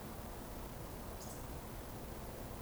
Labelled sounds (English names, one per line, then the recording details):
Eurasian Woodcock whistle
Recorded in Baden-Württemberg, Germany, on 25 June 2020 at 19:48 UTC
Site 14569, 102 m above sea level